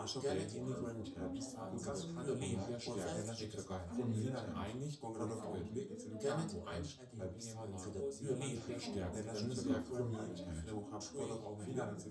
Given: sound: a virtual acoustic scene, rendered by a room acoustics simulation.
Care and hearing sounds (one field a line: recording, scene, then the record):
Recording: noise of the scene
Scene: living room, symmetric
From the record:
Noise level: 70 dB SPL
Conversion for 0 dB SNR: 6.9 dB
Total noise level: 76.9 dB SPL